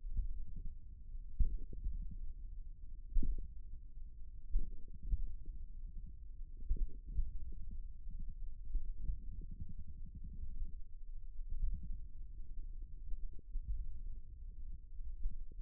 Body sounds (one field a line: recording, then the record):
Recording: forearm muscle sounds (acoustic myography)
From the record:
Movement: finger pinch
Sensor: system 1, eight BSWA MPA416 microphones around the upper forearm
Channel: 8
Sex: male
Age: 54 years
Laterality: right